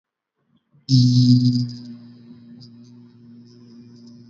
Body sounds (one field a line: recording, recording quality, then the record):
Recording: sustained vowel as in beet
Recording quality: excellent, no background noise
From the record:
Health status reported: healthy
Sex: male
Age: 22 years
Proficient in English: yes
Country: India